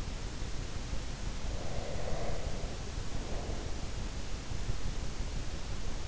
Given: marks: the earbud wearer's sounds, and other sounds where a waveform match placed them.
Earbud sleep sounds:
sounds in sleep by an in-ear microphone; breath
1.43-3.79 s: breath

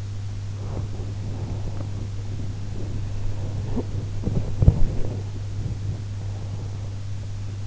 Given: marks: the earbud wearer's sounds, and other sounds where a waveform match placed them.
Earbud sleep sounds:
sounds in sleep by an in-ear microphone; body movement
0.65-7.63 s: body movement

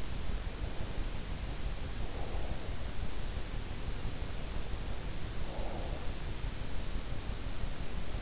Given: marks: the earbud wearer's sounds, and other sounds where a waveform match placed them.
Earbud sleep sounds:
sounds in sleep by an in-ear microphone; breath
1.83-2.94 s: breath
5.05-6.29 s: breath

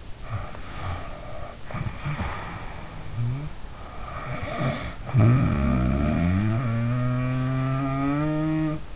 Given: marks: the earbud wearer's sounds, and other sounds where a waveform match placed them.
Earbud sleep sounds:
sounds in sleep by an in-ear microphone; snoring breath
0.22-3.58 s: snoring breath
3.72-8.96 s: snoring breath

